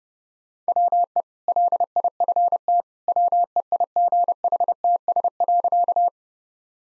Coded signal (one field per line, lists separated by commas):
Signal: Morse code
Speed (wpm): 30 wpm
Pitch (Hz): 700 Hz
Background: none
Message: WE LIFT WEIGHTS.